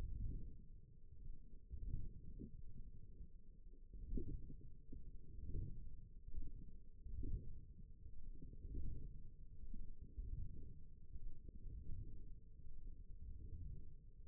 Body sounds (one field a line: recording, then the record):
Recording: forearm muscle sounds (acoustic myography)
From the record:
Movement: wrist flexion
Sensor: system 1, eight BSWA MPA416 microphones around the upper forearm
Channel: 2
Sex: female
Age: 20 years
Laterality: right